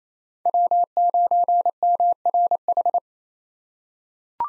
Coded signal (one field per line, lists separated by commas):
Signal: Morse code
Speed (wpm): 28 wpm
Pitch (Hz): 700 Hz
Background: none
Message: W9MRH